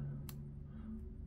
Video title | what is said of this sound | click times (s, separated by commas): Galaxy Z Fold 5/6: How to Insert SIM Card + Check Cellular Settngs | like that. Kind of snaps in place too, okay? | 0.3 s